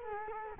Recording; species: mosquito wingbeat signal from an infrared sensor; Culex quinquefasciatus